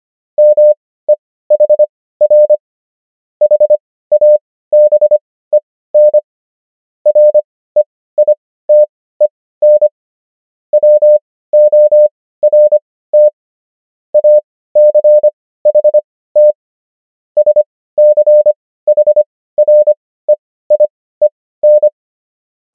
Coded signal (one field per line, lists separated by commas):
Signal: Morse code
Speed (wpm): 25 wpm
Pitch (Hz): 600 Hz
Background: none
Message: MEHR HABEN REITEN WORT ACHT SCHREIEN